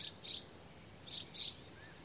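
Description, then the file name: Eurasian wren calls: two pairs of sharp, high ticking notes about a second apart, over a quiet background hiss. "Troglodytes troglodytes"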